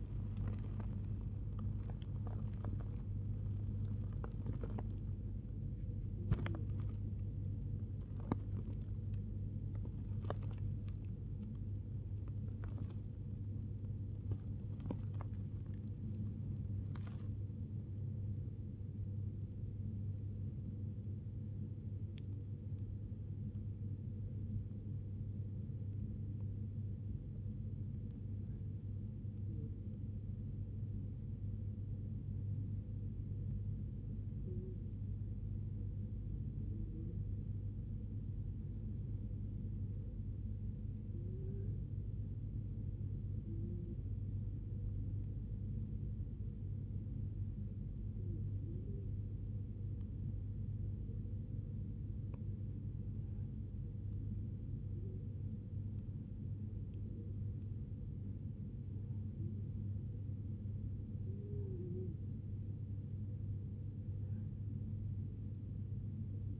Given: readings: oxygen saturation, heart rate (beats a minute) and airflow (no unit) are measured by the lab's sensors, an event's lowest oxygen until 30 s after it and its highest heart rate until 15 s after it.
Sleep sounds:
breathing in sleep by a smartphone at the bedside; 1
25.00-57.80 s: hypopnea (N1, oxygen 95% highest, then 92% lowest, heart rate 64 at the start, 80 highest)
49.00-66.60 s: new sleep stage, N2 (light sleep)
From the record:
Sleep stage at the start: N1 (lightest sleep); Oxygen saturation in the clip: 93 to 95%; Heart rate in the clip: 63 to 86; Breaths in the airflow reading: 22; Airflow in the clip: -0.8 to 0.7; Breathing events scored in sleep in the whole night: 103 in 8.4 hours asleep

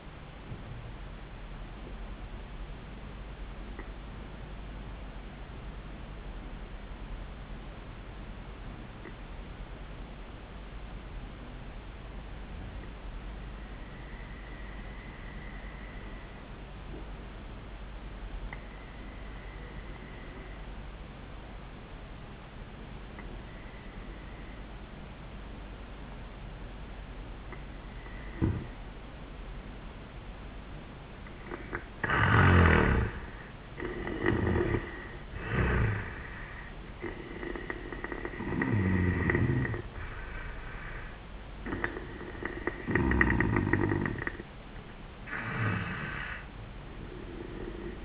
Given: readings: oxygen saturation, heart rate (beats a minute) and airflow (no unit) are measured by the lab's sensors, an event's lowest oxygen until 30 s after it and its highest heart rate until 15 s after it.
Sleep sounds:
breathing in sleep by a voice recorder at the bedside; 1
8.00-33.60 s: obstructive apnea (N1, oxygen 97% highest, then 85% lowest, heart rate 81 at the start, 84 highest)
15.00-45.00 s: new sleep stage, N2 (light sleep)
45.00-48.05 s: new sleep stage, N1 (lightest sleep)
From the record:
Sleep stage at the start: N1 (lightest sleep); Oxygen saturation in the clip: 86 to 97%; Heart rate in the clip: 72 to 84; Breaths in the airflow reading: 5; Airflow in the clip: -5.7 to 2.9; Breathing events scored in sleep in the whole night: 400 in 8.7 hours asleep

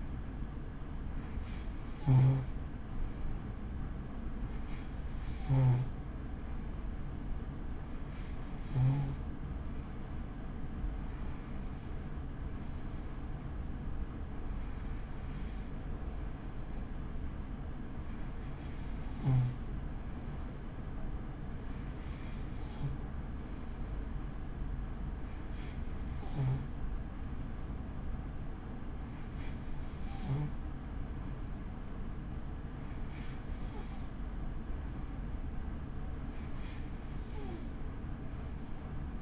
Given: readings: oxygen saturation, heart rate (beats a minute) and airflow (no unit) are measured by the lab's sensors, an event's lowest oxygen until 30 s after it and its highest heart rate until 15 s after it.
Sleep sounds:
breathing in sleep by a smartphone at the bedside; none
none scored
From the record:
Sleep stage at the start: N2 (light sleep); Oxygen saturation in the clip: 93 to 94%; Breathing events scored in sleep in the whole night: 83 in 6.1 hours asleep

